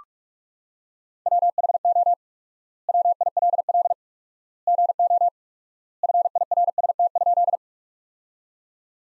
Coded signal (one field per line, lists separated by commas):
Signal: Morse code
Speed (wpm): 41 wpm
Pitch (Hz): 700 Hz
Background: none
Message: WHO WILL GO FIRST?